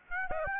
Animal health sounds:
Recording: mosquito wingbeat signal from an infrared sensor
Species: Aedes aegypti

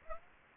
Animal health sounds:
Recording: mosquito wingbeat signal from an infrared sensor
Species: Aedes aegypti

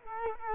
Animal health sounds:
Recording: mosquito wingbeat signal from an infrared sensor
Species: Culex quinquefasciatus

